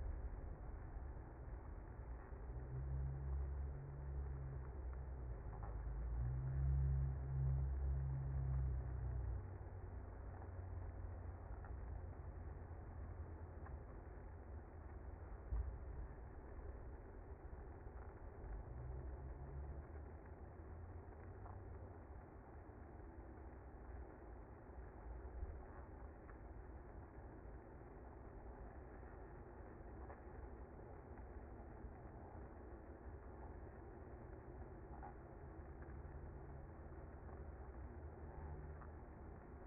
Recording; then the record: honeybee colony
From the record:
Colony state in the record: active